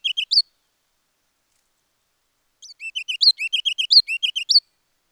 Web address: ruby crowned kinglet